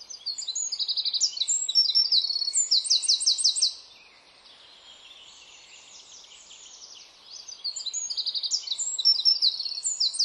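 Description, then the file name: Eurasian wren song: two loud, rapid bursts of high, tinkling notes and fast trills, separated by a few seconds of quiet. "Troglodytes troglodytes"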